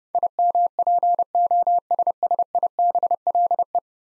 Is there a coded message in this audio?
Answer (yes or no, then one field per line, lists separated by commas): yes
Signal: Morse code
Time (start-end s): 0.1-3.8 s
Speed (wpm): 32 wpm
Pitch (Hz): 700 Hz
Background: none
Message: IMPOSSIBLE